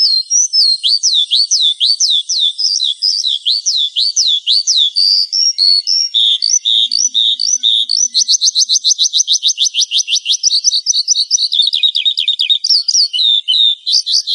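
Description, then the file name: Horsfield's bush lark song of high looping whistles that give way to a rapid, even rattle of repeated notes, then further varied phrases. "suara burung branjangan"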